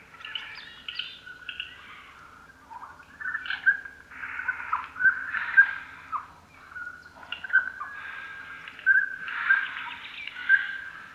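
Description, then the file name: Eurasian jay with soft rasps early, then louder harsh bursts interleaved with short clear whistles through the second half. "Garrulus glandarius"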